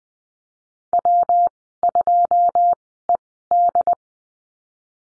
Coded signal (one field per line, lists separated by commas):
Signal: Morse code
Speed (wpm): 20 wpm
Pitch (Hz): 700 Hz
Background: none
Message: W2ED